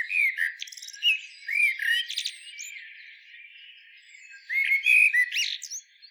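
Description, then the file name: Eurasian blackbird song with looping fluty whistles and sharp high twitters, a quieter stretch in the middle, then another lively phrase. "Turdus merula"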